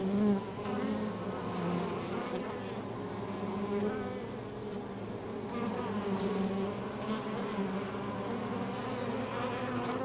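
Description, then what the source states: Honey bees droning continuously, an even hum with gentle rises and falls as individual insects come and go. Recorded outside a beehive.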